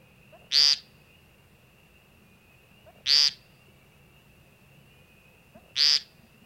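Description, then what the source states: American woodcock giving three buzzy, nasal peent calls, each short and harsh, spaced about two and a half seconds apart over a faint steady high hum. Male in spring at dusk in an open meadow, courting females by strutting on the ground and giving a nasal call.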